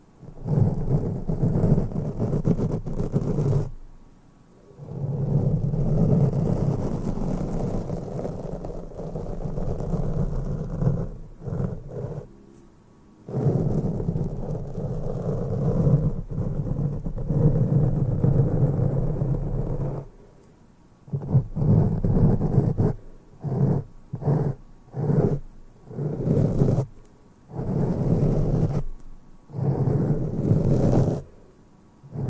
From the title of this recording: INTENSE MIC BRUSHING NO TALKING